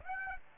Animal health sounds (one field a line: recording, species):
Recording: mosquito wingbeat signal from an infrared sensor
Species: Aedes aegypti